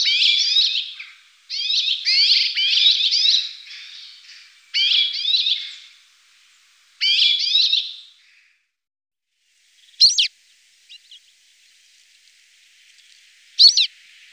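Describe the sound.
Rock sparrow calls: a burst of twangy, buzzy chirps in quick groups, followed by quiet and a few thin, sharp high notes.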